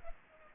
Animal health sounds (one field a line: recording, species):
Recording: mosquito wingbeat signal from an infrared sensor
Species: Culex pipiens